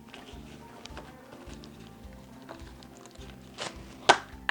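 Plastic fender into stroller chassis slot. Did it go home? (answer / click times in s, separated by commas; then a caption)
yes / 4.1 s, 4.5 s. A plastic fender is slid into its slot on the chassis of a 2018 Nuna Demi Grow stroller and given a little tap, with soft faint background sounds and a few small ticks before it. A sharp snap at 4.1 s and another at 4.5 s mark the fender clicking into place, seated.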